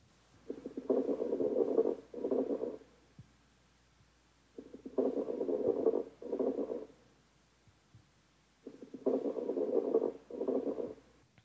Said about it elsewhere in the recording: I'm listening to his breath sounds in 8 different spots on his back. Some abnormal breath sounds that I'm listening for are crackles, which sound like this.